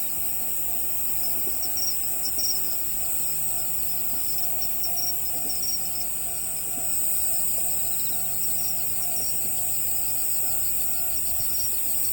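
Crickets calling in an unbroken high-pitched chorus of rapid pulses, accompanied by a faint steady hum.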